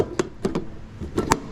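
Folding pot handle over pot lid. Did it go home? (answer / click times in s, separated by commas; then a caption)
yes / 1.3 s. The folding handle of a JetBoil camping stove cooking pot is squeezed in and folded over the pot lid, with a few light knocks of handling along the way at about 0.2, 0.5 and 0.6 seconds. At 1.3 seconds a sharp click is heard as the handle snaps into place over the lid, becoming the lock that holds the lid down.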